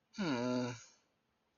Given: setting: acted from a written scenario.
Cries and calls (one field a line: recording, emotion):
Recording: vocal sound without words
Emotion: sadness